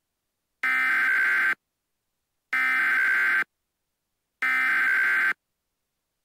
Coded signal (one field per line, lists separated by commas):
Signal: Emergency Alert System (SAME) tones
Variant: header bursts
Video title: EAS Scenario #12: The Frozen Abyss (750 Sub Special)